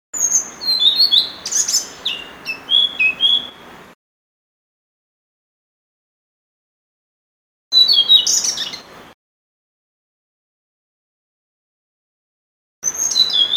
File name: kicau sikatan blue throated. omkicau